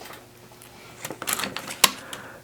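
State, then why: Seated. A coin-cell battery or batteries are fitted into the battery holder of a Harbor Freight Vulcan 13.5 sq. in. auto-darkening welding hood, with soft handling and scraping sounds from about 1.0 s. A sharp, small click rings out at 1.8 s as the battery seats, and the hood is now on.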